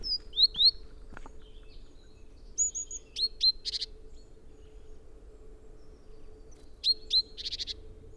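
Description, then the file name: Great tit calls: three bouts of thin, high notes, two of them ending in a dense buzzy burst, with a faint steady hum beneath. "Parus major"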